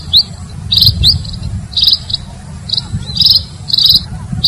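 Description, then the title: Red-throated parrotfinch: short high, insect-like buzzes and sharp upward-slurred notes from a red-throated parrotfinch, with a constant low hum underneath. "Erythrura Psittacea"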